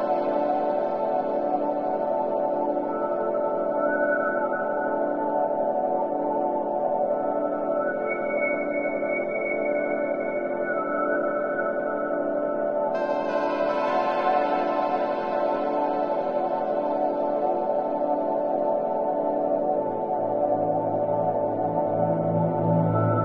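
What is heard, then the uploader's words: A meditation drone holds a steady, even level for the whole stretch, built from many stacked sustained tones in the low and middle range. Brighter ringing tones like a singing bowl drift in and out, with a shimmering layer added around thirteen seconds. 9HZ meditation frequency.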